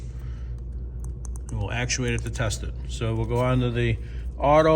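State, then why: Seated. A plastic button bezel, lined up by its large tang and side tabs, is pressed in by hand into the R/AUTO/PS transmission switch panel of a Ferrari 458 Speciale. Sharp clicks sound at about 1.0, 1.3 and 1.4 seconds as it snaps home and seats, then someone talks.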